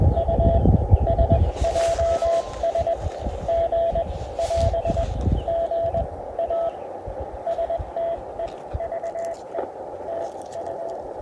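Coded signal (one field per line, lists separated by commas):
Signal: Morse code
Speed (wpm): 21 wpm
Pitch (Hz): 670 Hz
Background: radio noise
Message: U SJS G <AS> GA STEVE TU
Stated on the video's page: CW from an Elecraft KH1 on a 41 ft end-fed random wire instead of its whip, with improved SNR.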